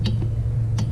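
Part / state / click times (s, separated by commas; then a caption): throttle cable end fitting into throttle housing / not seated / none. A throttle cable end fitting with a flat spot that keeps it from turning is handled at the throttle housing bore of a Yamaha Wolverine X4/X2 side-by-side during a cable replacement. Two short, bright handling ticks land at about 0.1 s and 0.8 s over a steady low hum. Nothing has seated or clicked yet; the fitting is not home.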